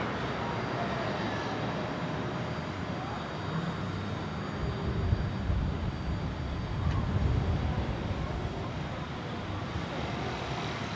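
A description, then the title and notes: A Brooklyn rooftop exterior ambience: a dense, steady rumble of city traffic and distant-sounding engine drone fills the low end throughout. The level stays even, with a slight swell around the middle and a faint thin whine near seven seconds. Ext, Brooklyn Roof.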